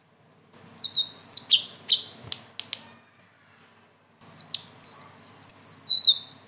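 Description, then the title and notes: Leafbird singing quick downslurred high whistles, interrupted by a few sharp clicks, then another rapid phrase. Strong continuous song (gacor) with rolling phrases (ngeroll) and fill notes (isian); a training song (masteran). "BURUNG SELENDANG BIRU GACOR NGEROLL ISIAN. masteran"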